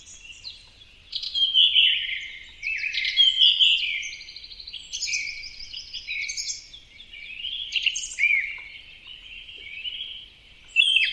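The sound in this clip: Bird song with continuous, varied high twitters and trills, mixing slurred whistles and rapid buzzy notes with barely any break.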